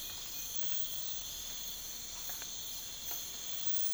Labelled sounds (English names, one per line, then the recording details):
none
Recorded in pastures near Puerto Asís, Putumayo, Colombia, on 20 December 2024 at 04:30
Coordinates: 0.472, -76.329
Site G072